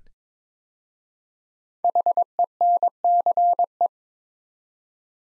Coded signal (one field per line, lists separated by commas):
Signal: Morse code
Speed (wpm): 22 wpm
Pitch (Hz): 700 Hz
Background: none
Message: HENCE